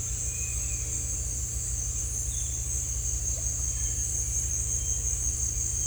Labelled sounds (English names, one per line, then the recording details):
none
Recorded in dense forest near Puerto Asís, Putumayo, Colombia, on 18 December 2024 at 17:30
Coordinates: 0.467, -76.328
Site GP05